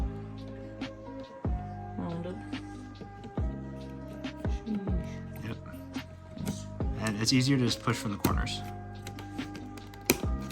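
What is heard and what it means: A second memory module is pressed down at its corners into a motherboard DIMM slot while someone talks over background music. The module seats with a sharp click at 10.1 s as the latch engages.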